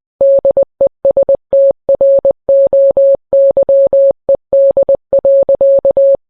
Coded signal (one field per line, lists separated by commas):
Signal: Morse code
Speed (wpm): 20 wpm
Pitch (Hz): 550 Hz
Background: none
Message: DESTROYED.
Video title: EAS alert(read disc for context) morse code